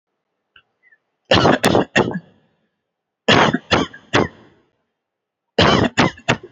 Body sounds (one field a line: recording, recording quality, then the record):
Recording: shallow voluntary cough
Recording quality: excellent, no background noise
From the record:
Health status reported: healthy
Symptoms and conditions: none ticked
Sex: male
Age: 27 years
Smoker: not ticked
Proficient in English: yes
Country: India